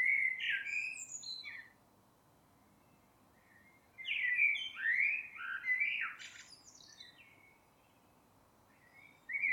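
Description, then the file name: Common blackbird song, a brief fluty opening, a pause, then a longer warbled phrase of rising and falling whistles capped by thin squeaky notes. "Turdus merula"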